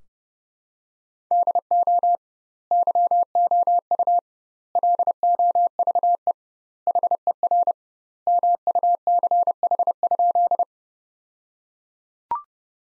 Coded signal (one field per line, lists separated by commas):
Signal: Morse code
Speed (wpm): 32 wpm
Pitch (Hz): 700 Hz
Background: none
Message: DO YOU LOVE HER MUCH?